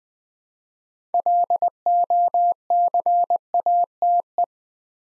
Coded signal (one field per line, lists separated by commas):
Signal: Morse code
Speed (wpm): 20 wpm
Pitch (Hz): 700 Hz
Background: none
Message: LOCATE